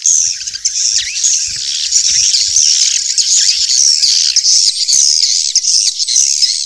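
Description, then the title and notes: Swiftlet twitters in a dense unbroken stream, shrill and rasping, with faint high whistled notes and no pauses. From Asia, used in swiftlet farming to attract birds. "Swiflet Bird Sound. Farming Swiflet Bird asia sound"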